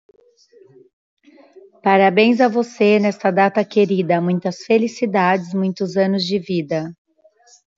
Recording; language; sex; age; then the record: short text; Brazilian Portuguese; female; 50 to 59 years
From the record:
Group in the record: control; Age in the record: 55 years